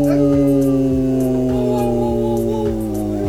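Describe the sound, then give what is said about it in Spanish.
Several people howl like wolves, their long, steady overlapping cries holding one pitch and drifting slightly, loud and continuous over a faint regular thumping beat. “Únicamente dos lobos en el mismo tiempo, por favor.”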